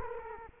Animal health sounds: mosquito wingbeat signal from an infrared sensor; Culex quinquefasciatus

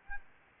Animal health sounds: mosquito wingbeat signal from an infrared sensor; Aedes albopictus

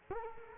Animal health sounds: mosquito wingbeat signal from an infrared sensor; Culex quinquefasciatus

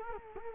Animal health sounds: mosquito wingbeat signal from an infrared sensor; Culex quinquefasciatus

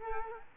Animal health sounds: mosquito wingbeat signal from an infrared sensor; Culex quinquefasciatus

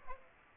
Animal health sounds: mosquito wingbeat signal from an infrared sensor; Aedes aegypti

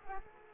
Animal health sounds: mosquito wingbeat signal from an infrared sensor; Culex pipiens

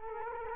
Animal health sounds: mosquito wingbeat signal from an infrared sensor; Culex quinquefasciatus

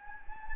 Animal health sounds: mosquito wingbeat signal from an infrared sensor; Anopheles gambiae

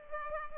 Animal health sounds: mosquito wingbeat signal from an infrared sensor; Culex pipiens

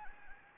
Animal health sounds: mosquito wingbeat signal from an infrared sensor; Anopheles gambiae

